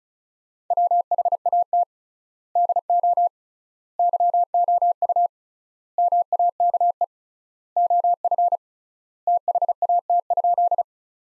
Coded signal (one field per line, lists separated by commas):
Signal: Morse code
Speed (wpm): 36 wpm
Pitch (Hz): 700 Hz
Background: none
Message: WHAT DO YOU MAKE OF THAT?